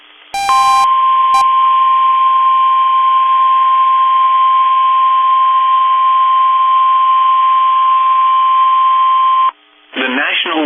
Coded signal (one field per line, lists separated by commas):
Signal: Emergency Alert System (SAME) tones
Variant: 1050 Hz attention tone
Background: speech